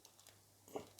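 A plastic hand of a Marvel Legends Armored Thanos build-a-figure, which wears a gauntlet, is pushed onto the peg joint of its arm socket. Faint light ticks and handling sounds lead up to a sharp click at 0.8 s. The hand is confirmed seated in the arm.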